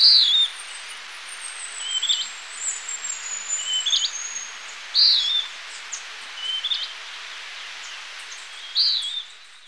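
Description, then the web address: Western wood-pewee calls: several short, high notes at irregular intervals over a faint steady hiss. Ecuador. "Birds of Ecuador. Western Wood-Pewee"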